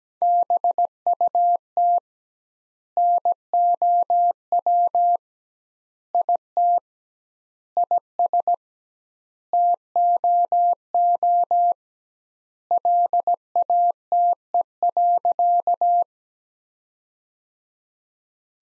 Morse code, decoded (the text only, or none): BUT NOW IT IS TOO LATE.